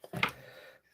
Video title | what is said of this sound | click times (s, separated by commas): Heidi-The Yorkshire Crafter is live | And I love it cuz you feel a click into place when it touches. | 0.2 s